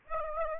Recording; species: mosquito wingbeat signal from an infrared sensor; Aedes aegypti